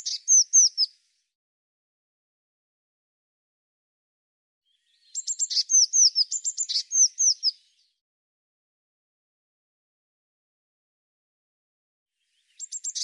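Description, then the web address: Bird song: bouts of sharp high chips and falling slurred whistles, separated by several seconds of silence, the last cut short. "cianscape birddata Deverinetal 2025 File cleaned normalized Bird Cy Ca"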